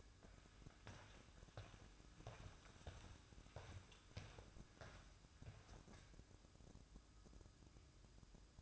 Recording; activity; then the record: daily activity, microphone in the room; walk to room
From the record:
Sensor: 2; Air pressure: 1008.1 hPa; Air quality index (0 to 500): 116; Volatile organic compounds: 1 ppm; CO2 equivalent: 861 ppm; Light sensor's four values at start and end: 8/19/8/7 and 8/18/7/7